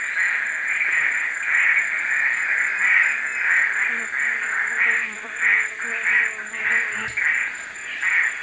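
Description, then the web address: Lettered aracaris calling together in a continuous string of rough, grating notes, with a constant high insect buzz behind. Group calls, eastern lowlands of South America. "Natures Songs S America Eastern Lowlands. Pteroglossus inscriptus, group calls"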